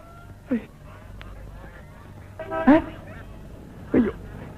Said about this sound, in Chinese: 都是这群该死的白鹅。